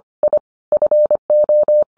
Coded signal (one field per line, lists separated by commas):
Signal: Morse code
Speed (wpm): 25 wpm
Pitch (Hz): 600 Hz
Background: none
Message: I FO